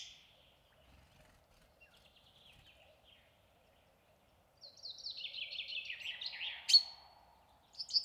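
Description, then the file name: Common chaffinch song arriving after several quiet seconds, a descending rattling trill closing with an abrupt flourish, followed by the start of another phrase. "Fringilla coelebs"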